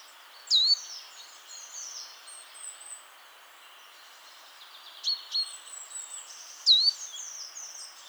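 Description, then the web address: Great tit call notes, a downward-swooping whistle at the start and another near the end, with softer chips and a chorus of faint high bird twittering throughout. "SETE data Parus major"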